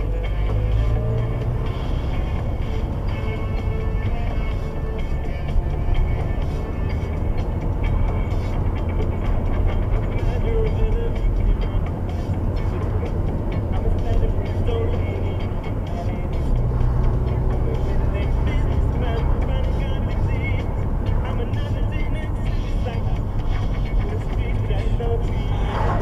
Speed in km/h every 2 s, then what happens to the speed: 26, 26, 27, 31, 32, 31, 32, 31, 34, 35, 32, 27, 27.
0-19 speeds up to 35. 19-22 slows to 27.